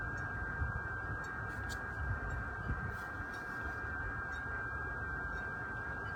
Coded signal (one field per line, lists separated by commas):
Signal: FT8